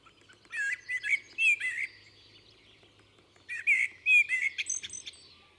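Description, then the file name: Common blackbird calls in two groups of rapid clicking notes with short whistled squeaks. "Turdus merula"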